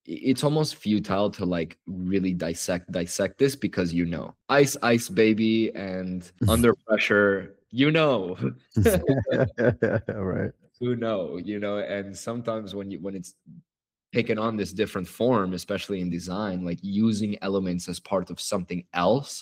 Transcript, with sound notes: it’s almost futile to like really dissect dissect this because you knowice ice baby and under pressure you know [laughter] right you know you know and sometimes when you when it’s taken on this different formespecially in design like using elements as part of something else